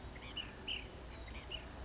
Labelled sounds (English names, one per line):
Ash-throated Flycatcher